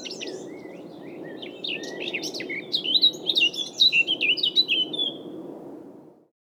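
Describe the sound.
Eurasian blackcap song: chattering warble building into loud, clear fluting whistles, with a steady low background rumble until the sound cuts off.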